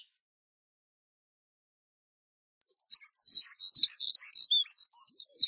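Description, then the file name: Moussier's redstart song: a quick, scratchy warble of high twittering notes starting after a silent pause and running to the end. "Canto do Redstart de Moussier"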